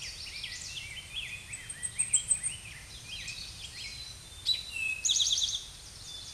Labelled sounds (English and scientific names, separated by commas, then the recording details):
Eastern Towhee (Pipilo erythrophthalmus) song
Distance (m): 15 m
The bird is about level with the microphone
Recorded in a Pennsylvania forest on 16 May 2024 at 09:33
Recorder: AudioMoth, point MSD-0627
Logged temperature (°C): 14.8 °C
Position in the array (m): 95 m, -2 m